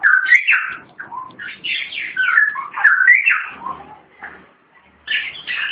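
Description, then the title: Long-tailed shrike song: continuous varied warbling with whistled and harsher notes, changing pitch rapidly. "Kicau Burung Pentet"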